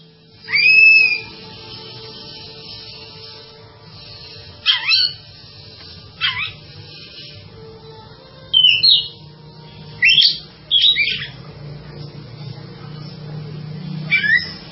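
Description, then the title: Java sparrow song of single sharp chirps and short double notes, scattered with long pauses between them, above a soft constant hum. "kicau gelatik"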